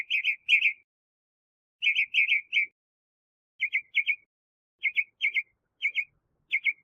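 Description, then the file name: Northern mockingbird repeating crisp doubled chirps in groups, each group separated by short gaps, later phrases slightly changed in shape. "Mimus polyglottos"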